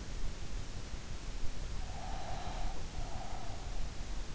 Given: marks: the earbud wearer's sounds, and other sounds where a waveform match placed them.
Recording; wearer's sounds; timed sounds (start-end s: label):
sounds in sleep by an in-ear microphone; breath
1.90-4.04 s: breath